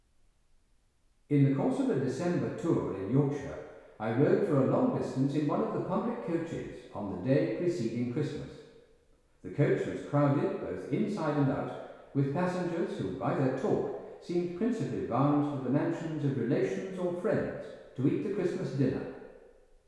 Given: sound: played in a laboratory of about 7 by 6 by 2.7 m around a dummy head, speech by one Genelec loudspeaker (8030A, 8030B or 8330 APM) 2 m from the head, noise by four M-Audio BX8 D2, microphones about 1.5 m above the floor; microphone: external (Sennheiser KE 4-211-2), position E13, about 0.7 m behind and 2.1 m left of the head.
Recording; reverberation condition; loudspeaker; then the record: male speech in English; high; 90 degrees to the left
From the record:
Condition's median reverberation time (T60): about 1300 ms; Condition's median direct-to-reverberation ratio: about -4.0 dB